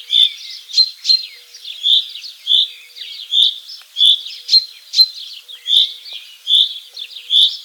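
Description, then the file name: Common chaffinch giving bright, high call notes repeated many times in quick succession, with fainter twittering between them. "Fringilla coelebs"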